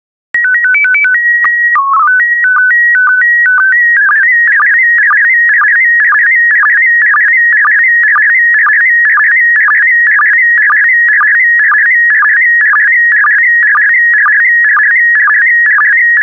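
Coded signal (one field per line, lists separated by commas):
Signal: SSTV (slow-scan television)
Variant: PD 120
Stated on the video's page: SSTV images in PD120 mode, four images sent in a daily decoding practice set.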